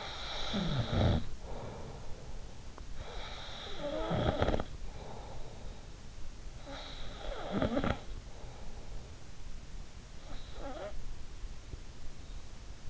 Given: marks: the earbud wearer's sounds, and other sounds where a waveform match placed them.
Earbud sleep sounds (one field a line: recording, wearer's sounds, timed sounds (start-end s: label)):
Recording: sounds in sleep by an in-ear microphone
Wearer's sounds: snoring breath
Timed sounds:
0.00-8.56 s: snoring breath